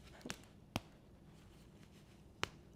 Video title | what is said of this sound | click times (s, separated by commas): How to Dress Petite: Look Taller Instantly! Petite Styling Hacks LIVE | Do you guys hear three snaps? I did. | 0.3 s, 0.8 s, 2.4 s